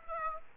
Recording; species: mosquito wingbeat signal from an infrared sensor; Aedes aegypti